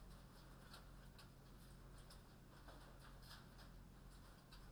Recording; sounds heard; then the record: poultry house recording; no chicken sound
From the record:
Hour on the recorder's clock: 22